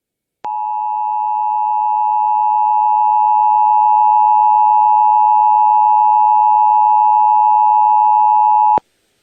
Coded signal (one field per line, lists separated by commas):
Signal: Emergency Alert System (SAME) tones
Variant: 853 and 960 Hz attention tone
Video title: 4 tests with my bad editing skills lol 5/4/2021 - 5/7/2021 Required Monthly Tests (EAS #591 - 594)